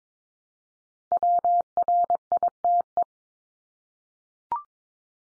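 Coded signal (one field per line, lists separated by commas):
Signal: Morse code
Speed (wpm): 22 wpm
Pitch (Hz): 700 Hz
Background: none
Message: WRITE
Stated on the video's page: Practice drill of the 100 most common English words, each sent three times at 22wpm, then sent again.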